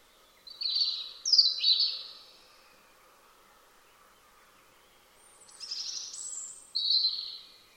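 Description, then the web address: European robin song: two high warbled phrases of thin whistled notes, separated by a quiet pause, over a faint low hum. "Deverinetal 2025 File origin Bird Only Er Ru"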